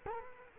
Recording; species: mosquito wingbeat signal from an infrared sensor; Culex quinquefasciatus